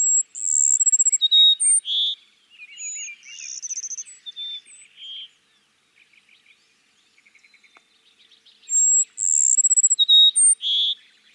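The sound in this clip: Cassin's sparrow singing a high trill followed by lower whistled notes; faint rapid chirps fill the gap before the song returns near the end.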